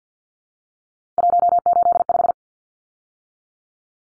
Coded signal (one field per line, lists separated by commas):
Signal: Morse code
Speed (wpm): 50 wpm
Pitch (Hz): 700 Hz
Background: none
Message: 185